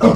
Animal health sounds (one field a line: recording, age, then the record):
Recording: pig call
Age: growing-finishing pig (85 days or more)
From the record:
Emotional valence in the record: positive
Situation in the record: run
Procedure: transit